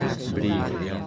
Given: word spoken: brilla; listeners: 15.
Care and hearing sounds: one Spanish word in noise, from a listening test; eight-talker babble; -0.2 dB; 0 of 15; 10 of 15; 0.67 s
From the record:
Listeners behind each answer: 10, 1, 1, 1, 1, 1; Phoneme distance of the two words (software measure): 10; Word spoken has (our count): 2 syllables, 5 phonemes, stress on syllable 1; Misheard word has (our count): 2 syllables, 5 phonemes, stress on syllable 1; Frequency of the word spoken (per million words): 4.88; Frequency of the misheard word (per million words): 16.58

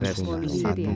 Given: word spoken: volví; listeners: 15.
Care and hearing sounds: one Spanish word in noise, from a listening test; four-talker babble; -2.8 dB; 0 of 15; 6 of 15; 0.56 s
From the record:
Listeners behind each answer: 6, 3, 1, 1, 1, 1, 1, 1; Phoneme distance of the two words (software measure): 54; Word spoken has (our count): 2 syllables, 5 phonemes, stress on syllable 2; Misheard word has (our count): 2 syllables, 5 phonemes, stress on syllable 1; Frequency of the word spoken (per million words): 18.79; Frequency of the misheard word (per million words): 168.30

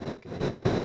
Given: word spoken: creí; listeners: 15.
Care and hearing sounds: one Spanish word in noise, from a listening test; noise modulated by one talker; -10.0 dB; 0 of 15; 6 of 15; 0.45 s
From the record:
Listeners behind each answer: 6, 3, 3, 1, 1, 1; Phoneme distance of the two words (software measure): 17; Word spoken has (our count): 2 syllables, 4 phonemes, stress on syllable 2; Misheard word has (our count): 2 syllables, 5 phonemes, stress on syllable 2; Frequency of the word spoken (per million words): 13.82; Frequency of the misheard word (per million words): 51.31

